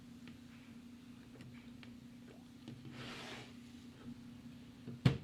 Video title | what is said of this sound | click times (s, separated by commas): Fresh Out of the Oven! 🥐 Pantasy Bakery Set 85031 Review & Close-Up | There we go. Kind of heard the click, I bet. | 5.1 s